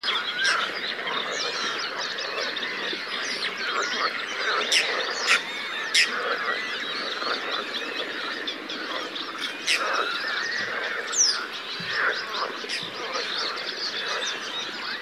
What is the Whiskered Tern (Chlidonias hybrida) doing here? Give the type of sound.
flight call